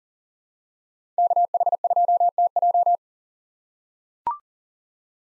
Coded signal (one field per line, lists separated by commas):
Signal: Morse code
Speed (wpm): 40 wpm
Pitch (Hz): 700 Hz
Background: none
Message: KH2TJ